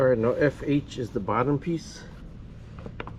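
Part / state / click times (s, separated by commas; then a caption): bottom panel into the deck box base / seated / 3.0 s. Someone talks while fitting the plastic bottom panel into the base of a Keter 230 gallon deck box. After the talking stops, a few small taps come just before a sharp click at 3.0 s as the bottom panel clicks into place and is seated.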